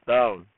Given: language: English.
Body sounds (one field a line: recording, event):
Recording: throat vibration sensor signal played as sound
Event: speech